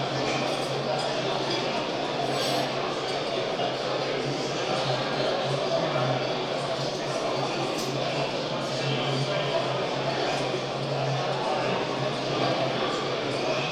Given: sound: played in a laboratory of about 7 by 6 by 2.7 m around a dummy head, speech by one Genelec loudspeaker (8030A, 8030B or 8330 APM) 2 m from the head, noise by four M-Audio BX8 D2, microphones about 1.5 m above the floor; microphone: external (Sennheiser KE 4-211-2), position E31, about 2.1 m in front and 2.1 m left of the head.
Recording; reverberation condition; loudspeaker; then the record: cafeteria noise; high; four, about 170 cm from the corners of the room and facing them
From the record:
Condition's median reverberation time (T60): about 1300 ms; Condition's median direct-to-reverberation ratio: about -4.0 dB